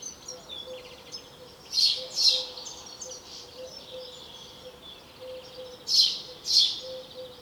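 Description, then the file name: House sparrow giving paired bright chirps twice, about four seconds apart, against constant twittering and a low faint intermittent tone. "Passer domesticus"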